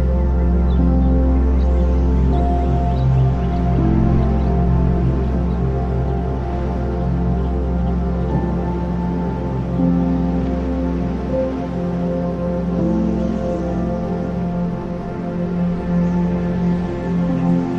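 Ambient music over a summer countryside scene, built from long sustained tones that shift slowly between chords. A deep steady drone sits underneath throughout, with a soft airy wash above, and the level stays even for the whole stretch.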